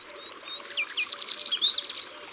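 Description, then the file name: Black redstart song fragment: a few high whistled notes and falling slurs ending in a harsh, crackling twitter, with a faint low repeated note underneath. "Rougequeue noir"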